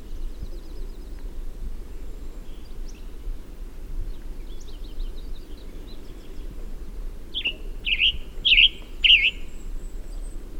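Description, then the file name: Western tanager with a series of rough, burry two-part notes repeated quickly at the end, faint thin high notes earlier, and steady low background rumble. Recorded on 4 June 2001. "2001-06-04 Western Tanager"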